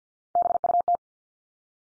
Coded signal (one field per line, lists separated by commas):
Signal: Morse code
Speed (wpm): 50 wpm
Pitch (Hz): 700 Hz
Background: none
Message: BUT